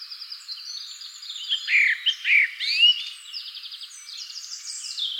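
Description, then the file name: Common blackbird calls: a few louder slurred chirps in the middle, surrounded by softer high twittering notes. "Turdus merula"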